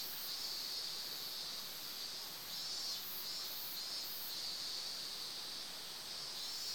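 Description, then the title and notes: Cicadas droning, a continuous high shrill buzz over the steady rush of a flowing stream. Summer, beside a stream in front of the Satsuki Kaikan building during a training camp, Yugawa, Ito City, Shizuoka, Japan; DR07XP recorder. "湯川, 伊東市, 静岡県, 414-0006, 日本 - Summer Stream with Cicadas. 伊東さつき会館での合宿。建物の表の川の側で。 Satsuki Kaikan Training Camp - River Sounds DR07XP"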